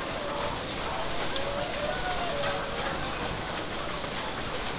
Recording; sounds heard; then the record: poultry house recording; healthy chickens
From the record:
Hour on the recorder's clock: 18